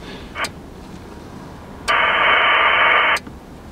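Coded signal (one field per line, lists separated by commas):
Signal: HF data modem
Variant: VARA HF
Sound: one burst of wide rushing hiss, about 1.3 seconds, after a faint short chirp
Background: radio static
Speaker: and you can see that Vora is trying to connect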